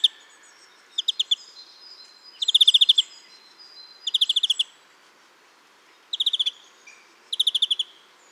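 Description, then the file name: European greenfinch calls, fast trilled bursts of sharp chirping notes, each burst under a second long, repeated several times with short pauses between. "Chloris chloris"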